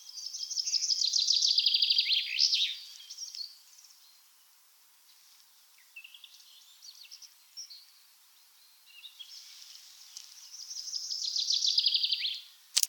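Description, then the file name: Common chaffinch song, given twice: each phrase a cascading, falling trill, with quieter chirps between. "Fringilla coelebs"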